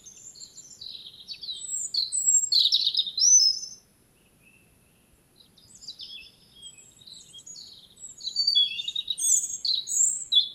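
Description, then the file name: European robin song: high, thin, tumbling phrases of varied warbles and trills, a pause of about two seconds, then another rapid sparkling run. "Erithacus rubecula"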